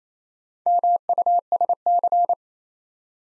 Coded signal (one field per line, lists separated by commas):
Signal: Morse code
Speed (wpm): 29 wpm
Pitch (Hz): 700 Hz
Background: none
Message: MUSC